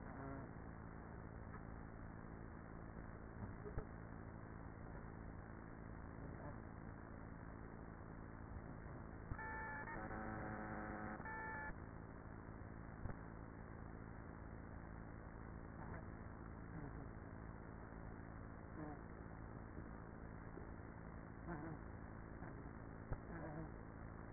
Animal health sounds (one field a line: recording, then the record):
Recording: honeybee colony, microphone inside the hive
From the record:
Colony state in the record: queenless with a low population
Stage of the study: after two queens were removed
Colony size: about 30,000 bees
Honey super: no